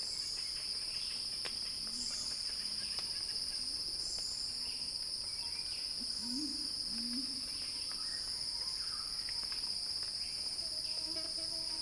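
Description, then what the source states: Steady cicada chorus, a bright unbroken buzz, with a few low wavering notes and faint chirps scattered across the recording. Cicada song building in a crescendo, recorded by Axel Drioli for Earth.fm.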